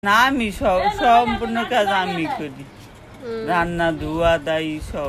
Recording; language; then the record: elicited speech; Bengali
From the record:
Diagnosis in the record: Broca's or global aphasia after a stroke